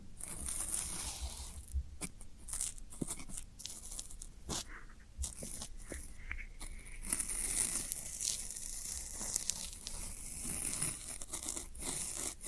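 Floral foam is crunched and scraped in a steady run of dry, crumbly crackles with sharp snaps scattered throughout and bright hissing edges.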